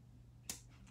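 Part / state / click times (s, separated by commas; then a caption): hidden magnet closure on a paper gift card holder / seated / 0.5 s. A paper gift card holder is closed, and its two hidden magnets, one behind the front panel and one behind the greeting, snap together. A sharp, bright click at 0.5 s rises above a steady low hum, followed by a faint tick near 0.9 s. The magnetic closure clicks shut and the holder is seated closed.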